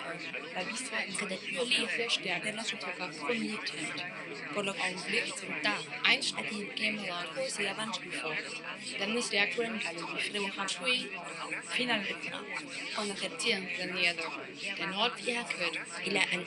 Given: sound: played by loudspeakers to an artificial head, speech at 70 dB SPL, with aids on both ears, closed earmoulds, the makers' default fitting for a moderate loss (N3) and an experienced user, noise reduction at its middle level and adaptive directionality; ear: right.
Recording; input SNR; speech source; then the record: speech test signal (ISTS) in cocktail-party noise; -6 dB; in front (0 degrees)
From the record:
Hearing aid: class 2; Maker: I